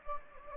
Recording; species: mosquito wingbeat signal from an infrared sensor; Anopheles gambiae